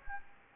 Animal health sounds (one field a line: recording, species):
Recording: mosquito wingbeat signal from an infrared sensor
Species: Anopheles gambiae